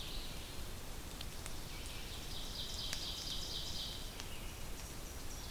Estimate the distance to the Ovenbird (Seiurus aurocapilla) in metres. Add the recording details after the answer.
about 90 m. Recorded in boreal forest in Alberta, Canada, on 2 June 2016 at 08:39. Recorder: SongMeter 3, array SBT-3-7. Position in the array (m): 20 m, 132 m. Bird 4